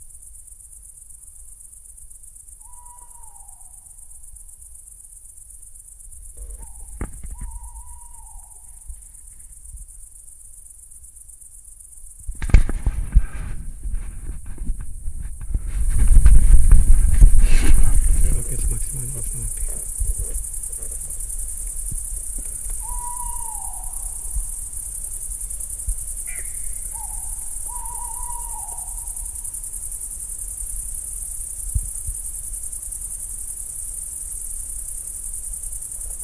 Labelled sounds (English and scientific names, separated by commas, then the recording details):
Tawny Owl (Strix aluco)
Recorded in the wild
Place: Niederspree, Niederspreer Teichgebiet, Sachsen, DE
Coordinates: 51.3939, 14.8722
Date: 2008-07-30 22:25
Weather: heiter, 20°C, schwacher Wind
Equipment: Fostex FR2-LE, Sennheiser ME66, Popschutz
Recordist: Frommolt, Karl-Heinz